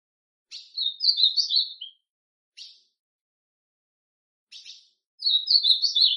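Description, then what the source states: Ultramarine grosbeak singing two warbled phrases of slurred whistles, separated by brief sharp chip notes, with silence between. Classic song style.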